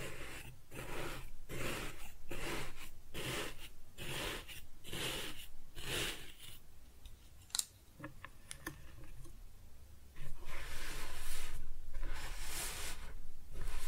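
Kinetic sand is cut and scooped in a quick, regular run of soft, grainy rubbing strokes, roughly two per second, for the first six seconds. A quieter stretch follows with a few sharp clicks near seven and a half seconds, then louder, smoother hissing scrapes return.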